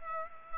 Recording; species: mosquito wingbeat signal from an infrared sensor; Culex pipiens